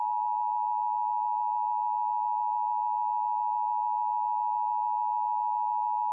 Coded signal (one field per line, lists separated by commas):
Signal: Emergency Alert System (SAME) tones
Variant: 853 and 960 Hz attention tone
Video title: KOAM/KGET/WGBA/WBAY/KQDS Emergency Alert System (EAS) Tests, Summer 2021